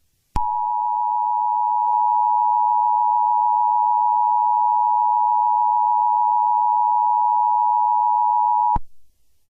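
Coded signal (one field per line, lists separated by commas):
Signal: Emergency Alert System (SAME) tones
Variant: 853 and 960 Hz attention tone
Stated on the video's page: Fictional EAS scenario.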